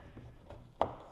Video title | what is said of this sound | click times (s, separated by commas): The BEST Way to Fix Your Sagging Headliner - EASY DIY SAVE BIG MONEY! | rubber gasket should just snap right in here | 0.8 s